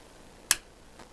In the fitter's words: very solid click and let's uh hold this chain so it's not making the noise